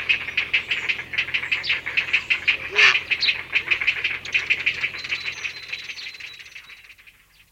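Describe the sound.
Heron giving a harsh aggressive call: a long, rapid run of rasping pulses that builds to a louder burst midway, then fades away toward the end.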